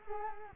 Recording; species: mosquito wingbeat signal from an infrared sensor; Culex quinquefasciatus